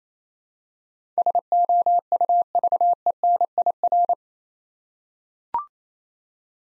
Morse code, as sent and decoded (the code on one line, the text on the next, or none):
... --- ..- ...- . -. .. .-.
SOUVENIR